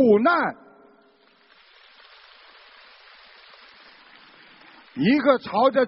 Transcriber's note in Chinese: 掌声